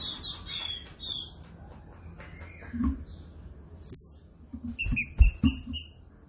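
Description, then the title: Green-winged saltator: short whistled notes, first a brief paired run, then a high thin whistle and a quick string of clipped notes, with faint low thumps. Classic song style (canto clássico), presented as a training recording. "Canto Clássico Trinca Ferro TREINAMENTO"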